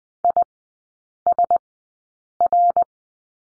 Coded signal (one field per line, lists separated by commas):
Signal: Morse code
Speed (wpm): 20 wpm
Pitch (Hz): 700 Hz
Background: none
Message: ISR